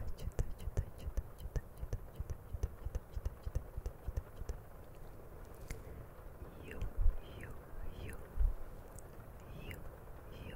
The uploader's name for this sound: CAMERA TOUCHING E MOUTH SOUNDS